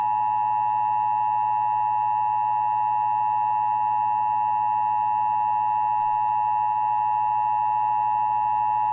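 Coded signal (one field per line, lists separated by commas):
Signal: Emergency Alert System (SAME) tones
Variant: 853 and 960 Hz attention tone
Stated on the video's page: Recorded Emergency Broadcast System tests from 1980 to 1996, the older, more manual predecessor of the Emergency Alert System.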